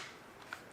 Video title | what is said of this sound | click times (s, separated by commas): EDC PERFECTION 2018? - Everyday Carry Update | you can hear the audible the audible click when you're actually putting that into the ends | 0.5 s